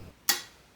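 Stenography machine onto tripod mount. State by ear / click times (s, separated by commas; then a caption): seated / 0.3 s. A stenography machine's base is matched to the shape of its tripod mount and twisted until it clicks. A single sharp, bright click sounds at 0.3 s and decays quickly against a quiet background. The machine is then locked onto the tripod.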